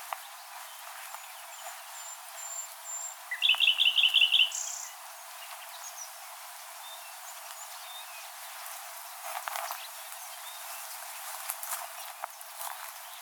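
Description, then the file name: Common nightingale song: a brief burst of rapid, repeated notes around the middle, then a short high note, with faint bird calls and background hiss. "Luscinia megarhynchos"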